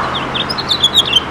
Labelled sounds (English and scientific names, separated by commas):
House Finch (Haemorhous mexicanus) song